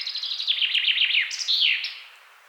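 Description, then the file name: Common chaffinch song: a high trill of quick notes descending in pitch, then a brighter flourish that ends the phrase. "Fringilla coelebs"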